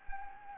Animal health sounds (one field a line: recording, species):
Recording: mosquito wingbeat signal from an infrared sensor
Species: Anopheles gambiae